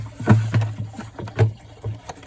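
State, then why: Not seated. A plastic radiator shroud on a 12-valve Cummins is positioned so its tabs line up with the radiator mounting points top and bottom, before it is slid down. Only handling noises are heard: short knocks and rustles at about 0.3, 0.5, 1.3, 1.4, 2.1 and 2.3 seconds over a low steady hum. Nothing has seated or snapped in yet.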